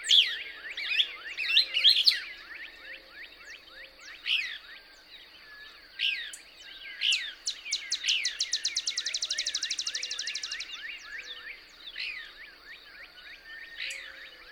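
Couch's Kingbird calling, with high chips and slurred notes, then a long rapid run of evenly spaced ticks, a steady high hiss behind.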